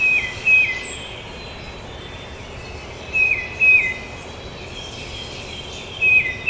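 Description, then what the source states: Tufted titmouse song of downslurred two-note whistles, three phrases roughly every three seconds, against soft constant background noise. Recorded at Trempealeau on 12 May 2018.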